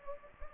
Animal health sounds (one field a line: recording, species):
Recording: mosquito wingbeat signal from an infrared sensor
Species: Anopheles gambiae